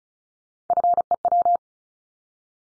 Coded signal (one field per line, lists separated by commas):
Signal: Morse code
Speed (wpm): 36 wpm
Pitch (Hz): 700 Hz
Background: none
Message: FEW